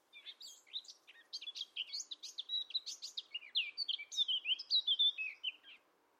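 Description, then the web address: Bird: a hurried warble, chattering notes at first giving way to louder whistled notes that slur downward near the end. "cianscape birddata Deverinetal 2025"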